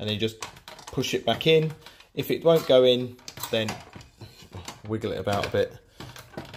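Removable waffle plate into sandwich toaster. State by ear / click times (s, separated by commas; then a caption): seated / 6.0 s, 6.2 s. Someone talks while a removable metal waffle plate is slid back in by its nodes, wiggled and pushed into the housing of a Breville VST041 sandwich toaster. Two short clicks at 6.0 s and 6.2 s mark the plate locking into place, fully seated.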